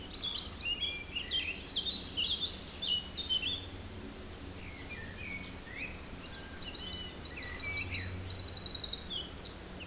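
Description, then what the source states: Birds singing in a busy chorus: high chirps, rapid buzzy trills and short whistled notes overlapping, with quieter stretches midway and a steady low background hum. Forest in spring, windy at force 3 on the Beaufort scale, recorded at 1 pm.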